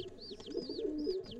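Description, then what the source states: Feral pigeon coos, a low wavering purr with a steadier held note, while high arching chirps sound several times over it. Pigeons nesting in the chimney of a Paris apartment in summer; one morning they had young.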